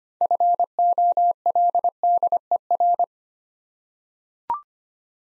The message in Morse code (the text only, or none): FOLDER